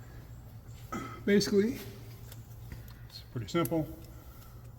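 A new NOx sensor's electrical connector is handled near its wiring harness connector on a 2010 Chevrolet Silverado 5.3, with faint handling ticks under a low steady hum while someone talks. Nothing has seated or clicked yet; the connector is not plugged in by the end of the clip.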